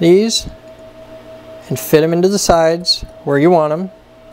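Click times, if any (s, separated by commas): none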